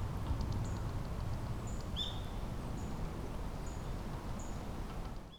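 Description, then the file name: Tit calling with one clear down-slurred note midway, plus faint, thin high-pitched notes, against a constant low background rumble. Recorded on 10 February 2024. "kotorinomori tit 20240210"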